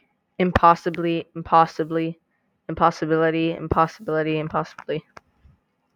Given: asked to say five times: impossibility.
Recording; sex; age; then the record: repeated word; male; 20 to 29 years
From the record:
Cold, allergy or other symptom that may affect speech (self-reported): no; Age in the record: 25 years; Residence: Georgia, United States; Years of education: 21